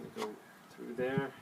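A plastic lower housing is being handled onto a Ryobi Reel-Easy string trimmer bump head with speed winder while someone talks. Nothing has seated or clicked yet; the clip ends just before the housing goes home.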